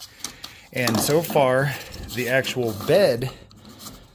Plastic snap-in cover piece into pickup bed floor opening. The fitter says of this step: you'll hear it snap in now that piece is done